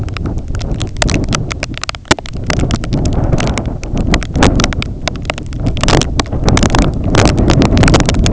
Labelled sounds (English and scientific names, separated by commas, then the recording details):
none
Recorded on Arctic tundra, site IGLO-A, on 20 June 2018
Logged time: 21:59